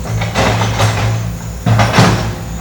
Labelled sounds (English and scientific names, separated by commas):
none